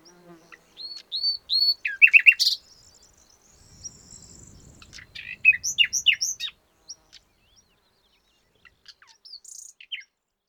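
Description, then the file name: Common nightingale song: repeated arched whistles, a quick chattering burst, then a varied series of sharp notes with short gaps. "Luscinia megarhynchos"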